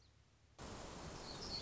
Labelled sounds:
Black-throated Gray Warbler
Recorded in Sonoma County, California

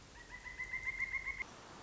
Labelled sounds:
Pileated Woodpecker
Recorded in Sonoma County, California

